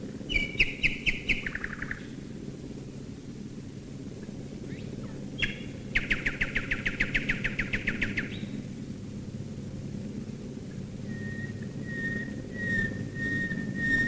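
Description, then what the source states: Common nightingale song with fast repeated-note rattles and a drawn-out rolling trill, ending in a series of pure whistles, with a low engine drone underneath. Nightingales singing while bombers fly overhead, 1942.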